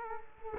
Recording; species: mosquito wingbeat signal from an infrared sensor; Culex quinquefasciatus